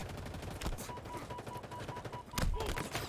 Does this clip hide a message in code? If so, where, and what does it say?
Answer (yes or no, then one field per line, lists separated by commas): no